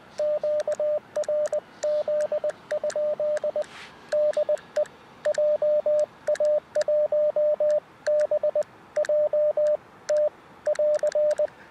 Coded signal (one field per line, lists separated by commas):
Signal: Morse code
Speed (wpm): 19 wpm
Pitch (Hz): 600 Hz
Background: radio noise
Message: QRZ? DE JA1BJT <AR>